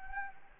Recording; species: mosquito wingbeat signal from an infrared sensor; Anopheles gambiae